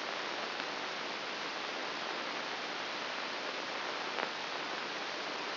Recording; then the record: brain microelectrode recording played as sound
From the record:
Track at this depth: inside the subthalamic nucleus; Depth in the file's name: 1.007 mm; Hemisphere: right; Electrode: 2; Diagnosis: Parkinson's disease